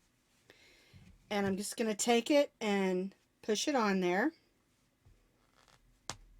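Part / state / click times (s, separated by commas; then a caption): safety eye washer onto eye shank in crocheted toy / seated / 6.1 s. Someone talks while pushing the plastic washer back onto the shank of a plastic safety eye through crocheted fabric on a crocheted toy, with a few faint rustles and a small tick near 5.7 s. The backing snaps on with a sharp click at 6.1 s, and the eye is seated.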